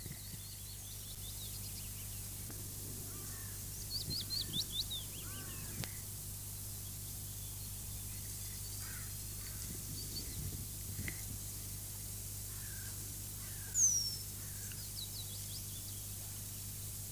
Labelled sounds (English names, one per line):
Eurasian Penduline Tit call